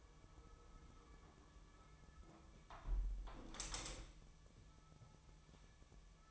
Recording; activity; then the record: daily activity, microphone in the room; close window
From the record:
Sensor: 1